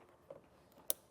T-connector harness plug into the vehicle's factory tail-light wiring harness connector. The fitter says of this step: and get that clicked into place.